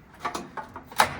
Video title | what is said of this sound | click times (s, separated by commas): Whirlpool/Roper Washer Won’t Start – Just Clicks! Easy Fix | and that's going to pop into place. | 1.0 s